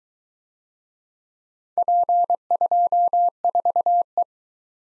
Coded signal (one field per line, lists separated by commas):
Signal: Morse code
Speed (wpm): 23 wpm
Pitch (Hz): 700 Hz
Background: none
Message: P24E